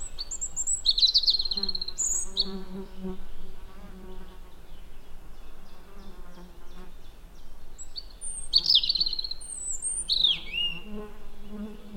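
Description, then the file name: European robin giving thin, high warbled phrases with sliding notes in short bursts early and again near the end, over a steady low buzzing insect drone. "Erithacus rubecula"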